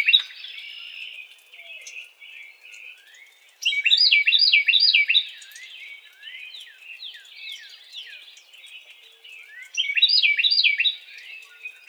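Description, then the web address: Carolina wren song: loud bursts of rapidly repeated rolling phrases, given twice about six seconds apart, with softer notes between. Recorded 4 January 2007. "Carolina Wren 2007 01 04"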